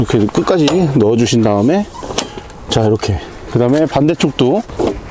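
Someone talks while handling the lid latch at the opposite end of a vehicle awning case, on its case body, getting ready to close it. Nothing has seated or clicked yet.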